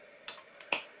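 The lid of a cosmetic balm jar or tube is pressed closed and snaps shut with a clip. Two sharp clicks are heard at 0.3 s and 0.7 s, with a fainter tick at 0.6 s, the last click being the loudest. The lid is clipped shut.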